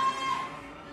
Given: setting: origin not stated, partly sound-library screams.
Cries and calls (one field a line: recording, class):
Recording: one-second piece from a danger detection set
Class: woman in danger